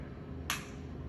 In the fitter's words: and if you listen real closely you'll hear a definitive click